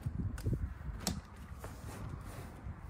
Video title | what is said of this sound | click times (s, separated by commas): Hoss Did It Again! Just What We Needed….BLUETTI AC300 + B300 | They just clicked into place. | 1.1 s